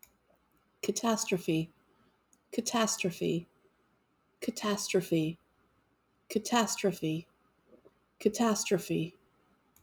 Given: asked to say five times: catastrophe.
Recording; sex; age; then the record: repeated word; female; 40 to 49 years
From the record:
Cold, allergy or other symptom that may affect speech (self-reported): no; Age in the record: 49 years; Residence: North Carolina, United States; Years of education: 16